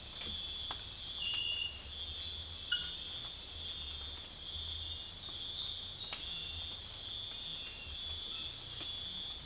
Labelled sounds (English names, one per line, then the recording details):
none
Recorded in secondary vegetation near Puerto Asís, Putumayo, Colombia, on 9 March 2025 at 04:30
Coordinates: 0.498, -76.327
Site G001